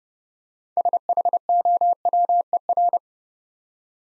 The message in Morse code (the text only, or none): SHOWER